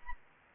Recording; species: mosquito wingbeat signal from an infrared sensor; Anopheles arabiensis